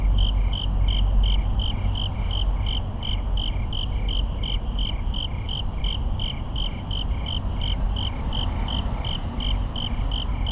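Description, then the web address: Crickets give steady pulsed chirps at a regular quick rhythm while heavy low traffic noise roars underneath throughout. Crickets on a suburban night with rapid traffic echoes. "boom library Urban and Suburban. Suburban night crickets rapid traffic echoes"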